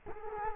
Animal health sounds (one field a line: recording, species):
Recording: mosquito wingbeat signal from an infrared sensor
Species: Culex quinquefasciatus